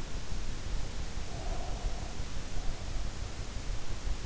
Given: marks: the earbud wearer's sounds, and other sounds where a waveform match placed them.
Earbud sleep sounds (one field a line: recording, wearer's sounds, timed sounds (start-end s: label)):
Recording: sounds in sleep by an in-ear microphone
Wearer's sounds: breath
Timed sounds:
1.12-3.27 s: breath